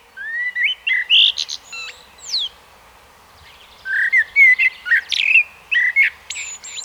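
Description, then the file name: Common blackbird song with mellow whistled phrases, a rising note and squeaky high twitters, two bursts split by a quiet gap of about a second. "Turdus merula"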